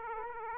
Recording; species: mosquito wingbeat signal from an infrared sensor; Aedes aegypti